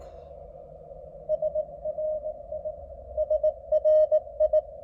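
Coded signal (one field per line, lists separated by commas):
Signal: Morse code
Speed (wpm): 19 wpm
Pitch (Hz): 620 Hz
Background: none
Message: SRI SRI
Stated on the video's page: Beginner's CW contacts on 30m made from inside a car while operating portable, likely a POTA activation, with frequent sending errors.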